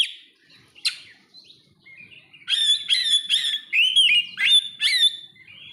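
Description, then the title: Oriental magpie-robin delivering a run of loud, harsh-edged whistled notes repeated in quick succession, after a few scattered notes. "kacer"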